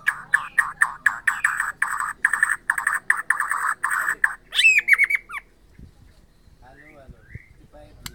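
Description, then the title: White-rumped shama delivering a fast run of loud clipped notes, then a brief varied flourish before falling silent. Borneo form. "MURAI BORNEO"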